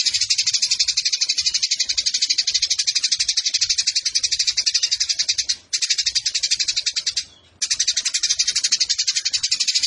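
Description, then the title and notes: Eurasian tree sparrow keeps up a steady, buzzy, rapid run of high chirps, interrupted by two short silences. Fighting-style sparrow with a long 'nembak' (rapid shooting) song and clear voice, used as a tutor recording for birds entered in song competitions. "GEREJA TARUNG NEMBAK PANJANG SUARA JERNIH. Burung Gereja"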